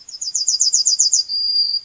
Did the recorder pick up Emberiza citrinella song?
yes